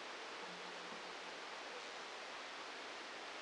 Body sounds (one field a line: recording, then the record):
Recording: brain microelectrode recording played as sound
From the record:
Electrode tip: outside the subthalamic nucleus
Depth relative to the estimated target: 0 mm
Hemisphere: left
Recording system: NeuroSet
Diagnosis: Parkinson's disease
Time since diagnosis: 8 years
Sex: male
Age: 46 years